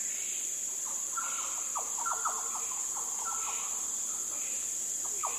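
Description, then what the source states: Yellow oriole sounds: quick runs of clear fluty notes, some sliding, in two or three bursts over a continuous high-pitched insect hum. Yellow orioles giving fluty sounds.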